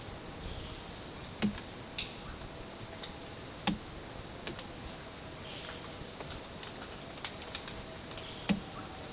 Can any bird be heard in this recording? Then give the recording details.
no. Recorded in dense forest near Puerto Asís, Putumayo, Colombia, on 12 March 2025 at 10:30. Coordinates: 0.486, -76.317. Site G053